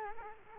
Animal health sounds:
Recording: mosquito wingbeat signal from an infrared sensor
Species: Culex quinquefasciatus

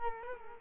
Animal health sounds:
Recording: mosquito wingbeat signal from an infrared sensor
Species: Culex quinquefasciatus

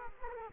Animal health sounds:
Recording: mosquito wingbeat signal from an infrared sensor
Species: Culex quinquefasciatus

